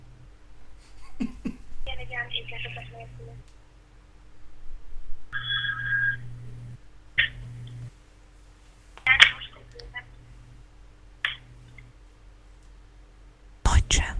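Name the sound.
telephone call being placed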